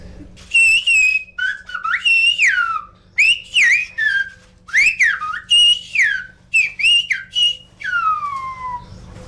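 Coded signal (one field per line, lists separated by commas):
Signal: whistled language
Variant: Silbo Gomero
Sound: a loud piercing whistle gliding up and down in speech-like phrases, about a dozen bursts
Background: low electrical hum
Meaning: Tell the waiter to bring a bottle of red wine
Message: Dile al camarero que traiga una botella de vino tinto.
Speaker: Y yo ahora le voy a dar un mensaje, le voy a decir, "Dile al camarero que traiga una botella de vino tinto."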